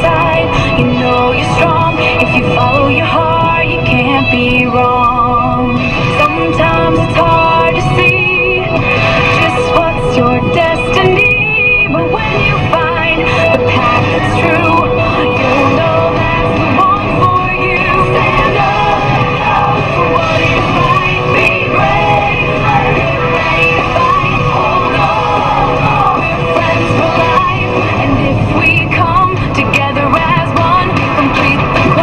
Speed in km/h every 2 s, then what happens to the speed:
111, 111, 111, 111, 111, 111, 112, 112, 112, 111, 112, 112, 112, 111, 112, 112.
0-32 steady at about 111.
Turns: none.